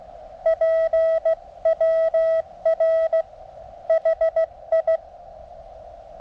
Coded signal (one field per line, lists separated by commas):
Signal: Morse code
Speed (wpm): 17 wpm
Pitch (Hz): 650 Hz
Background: none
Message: PWR HI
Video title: 17' Whip Resonant ~ NO Antenna Tuner Needed! ~ QRP Mountain Topper MTR 3B